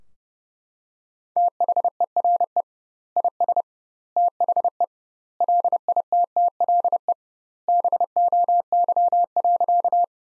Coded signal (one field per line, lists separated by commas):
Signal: Morse code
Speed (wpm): 30 wpm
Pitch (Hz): 700 Hz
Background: none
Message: THERE IS THE LITTLE BOY.